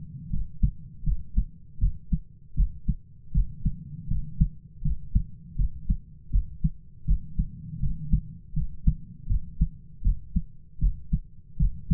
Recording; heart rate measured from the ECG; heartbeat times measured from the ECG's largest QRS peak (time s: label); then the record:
heart sounds by stethoscope; 80 bpm
0.31 s: heartbeat
1.04 s: heartbeat
1.79 s: heartbeat
2.55 s: heartbeat
3.33 s: heartbeat
4.08 s: heartbeat
4.83 s: heartbeat
5.56 s: heartbeat
6.31 s: heartbeat
7.06 s: heartbeat
7.80 s: heartbeat
8.54 s: heartbeat
9.27 s: heartbeat
10.02 s: heartbeat
10.79 s: heartbeat
11.58 s: heartbeat
From the record:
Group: healthy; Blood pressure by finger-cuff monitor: 113/68 mmHg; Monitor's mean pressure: 83 mmHg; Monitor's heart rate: 79 bpm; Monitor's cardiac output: 7.8 L/min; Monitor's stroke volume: 97 mL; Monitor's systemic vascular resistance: 770 dyn s/cm5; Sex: male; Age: 33 years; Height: 179 cm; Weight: 80.4 kg